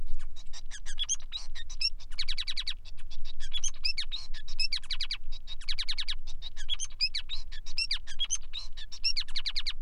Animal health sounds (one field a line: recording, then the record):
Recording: song of a male Bengalese finch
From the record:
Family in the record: son of father 5